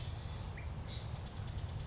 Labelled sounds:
Chestnut-backed Chickadee (Poecile rufescens)
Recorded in Sonoma County, California

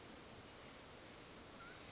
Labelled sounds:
Mountain Quail (Oreortyx pictus)
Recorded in Sonoma County, California

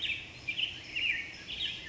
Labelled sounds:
Black-headed Grosbeak (Pheucticus melanocephalus)
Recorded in Sonoma County, California

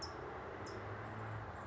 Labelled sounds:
California Towhee (Melozone crissalis)
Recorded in Sonoma County, California

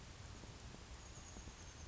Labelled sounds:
Chestnut-backed Chickadee (Poecile rufescens)
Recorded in Sonoma County, California

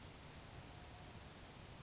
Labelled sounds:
Grasshopper Sparrow (Ammodramus savannarum)
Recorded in Sonoma County, California

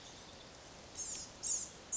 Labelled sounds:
Blue-gray Gnatcatcher (Polioptila caerulea)
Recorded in Sonoma County, California

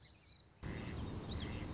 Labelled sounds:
Common Yellowthroat (Geothlypis trichas)
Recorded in Sonoma County, California

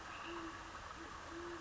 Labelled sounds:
Great Horned Owl (Bubo virginianus)
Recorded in Sonoma County, California

